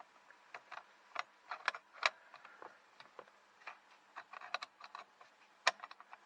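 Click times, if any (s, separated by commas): 5.7 s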